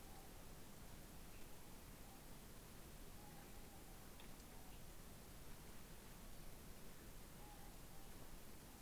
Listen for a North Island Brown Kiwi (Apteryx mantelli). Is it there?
no